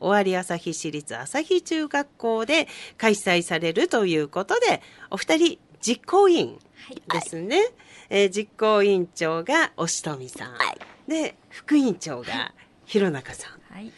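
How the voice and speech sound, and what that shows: A woman speaks Japanese fluently in a clear, steady voice with natural phrasing and pauses, in a radio-style conversation.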